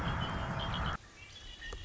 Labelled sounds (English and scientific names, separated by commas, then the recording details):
Red-winged Blackbird (Agelaius phoeniceus)
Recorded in Sonoma County, California